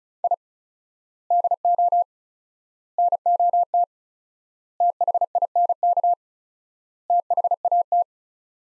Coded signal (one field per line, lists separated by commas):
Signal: Morse code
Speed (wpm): 36 wpm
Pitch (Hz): 700 Hz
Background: none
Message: I DO NOT THINK THAT